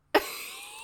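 One abrupt, harsh cough from an adult woman, a lingering cough from COVID, followed by a brief fading tail in a small room.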